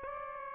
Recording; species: mosquito wingbeat signal from an infrared sensor; Aedes aegypti